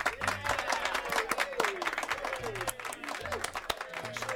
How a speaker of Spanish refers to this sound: ¿Por qué aplaudís? Ah, porque os aplaudís a vosotros mismos antes de empezar.